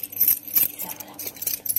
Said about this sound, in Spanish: Agarró la llave de su casa